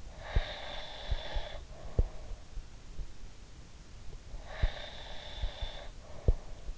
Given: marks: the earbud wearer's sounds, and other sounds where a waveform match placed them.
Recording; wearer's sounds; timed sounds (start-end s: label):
sounds in sleep by an in-ear microphone; breath
0.04-2.50 s: breath
4.46-6.78 s: breath